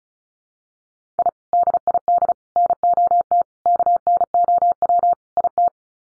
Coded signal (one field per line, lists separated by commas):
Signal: Morse code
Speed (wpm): 34 wpm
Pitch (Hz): 700 Hz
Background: none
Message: I DID NOT KNOW IT